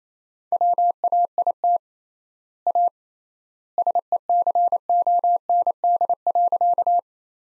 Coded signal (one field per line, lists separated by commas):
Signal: Morse code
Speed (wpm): 28 wpm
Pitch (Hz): 700 Hz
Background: none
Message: WAIT A SECOND.